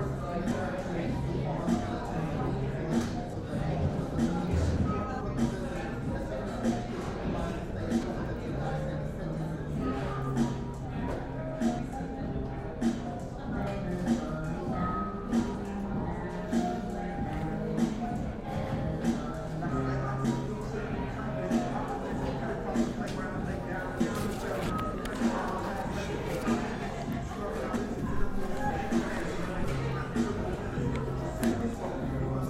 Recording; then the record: background sound without coughing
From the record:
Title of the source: 60 minutes of coffee shop sounds for study and concentration